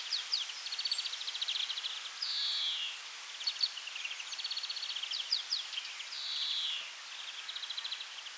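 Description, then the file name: European greenfinch song: pulsed trills and twitters broken by two drawn-out, nasal, falling wheezes, with faint background hiss. "Chloris chloris"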